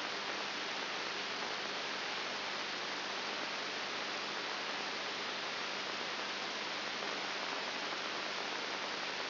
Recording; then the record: brain microelectrode recording played as sound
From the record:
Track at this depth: outside the subthalamic nucleus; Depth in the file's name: 6.7 mm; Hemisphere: right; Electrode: 3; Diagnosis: Parkinson's disease